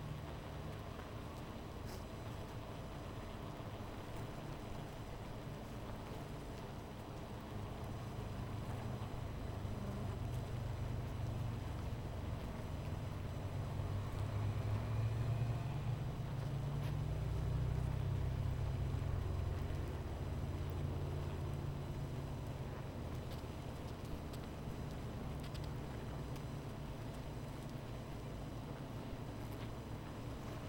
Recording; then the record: honeybee colony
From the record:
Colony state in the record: missing queen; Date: 14 July 2017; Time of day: 13:32